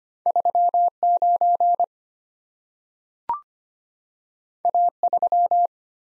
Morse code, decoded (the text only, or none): 39 A3